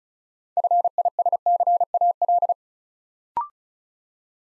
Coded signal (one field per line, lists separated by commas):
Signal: Morse code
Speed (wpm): 36 wpm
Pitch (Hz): 700 Hz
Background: none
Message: FISCAL